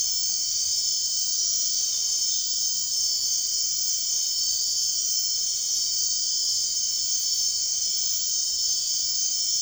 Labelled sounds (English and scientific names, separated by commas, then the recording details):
none
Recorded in dense forest near Puerto Asís, Putumayo, Colombia, on 9 March 2025 at 03:00
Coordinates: 0.499, -76.324
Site GP03